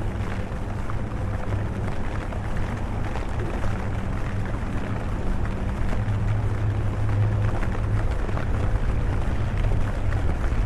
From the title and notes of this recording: LONDON CITY WALK UNDER THE RAIN ASMR AMBIENT NOISES. The podcast features a walk in London, under the rain.